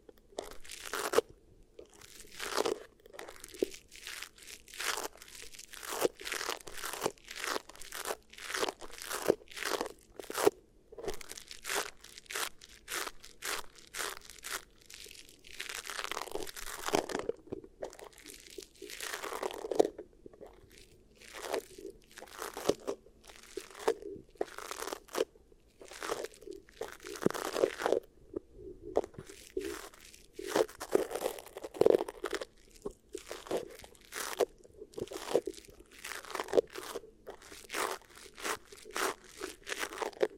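Beeswax is worked in rapid bursts of crisp crunching and crackling. Dense clusters of sharp snaps repeat throughout, with a few softer, smeared squishing passages around 16 and 19 seconds. A faint low hum sits steadily underneath.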